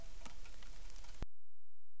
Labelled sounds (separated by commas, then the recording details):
rain
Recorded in the Arctic National Wildlife Refuge, Alaska, on 3 August 2019
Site 33